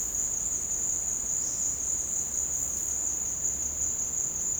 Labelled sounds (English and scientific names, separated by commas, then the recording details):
none
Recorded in secondary vegetation near Puerto Asís, Putumayo, Colombia, on 12 March 2025 at 14:30
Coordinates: 0.485, -76.322
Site G040